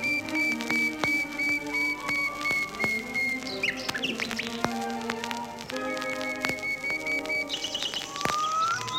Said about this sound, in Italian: Gli uccelli cantano sempre. Questo che state ascoltando è l'usignolo.